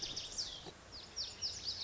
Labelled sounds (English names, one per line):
Lazuli Bunting